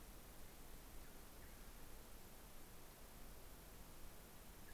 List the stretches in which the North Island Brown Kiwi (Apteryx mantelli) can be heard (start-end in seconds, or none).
none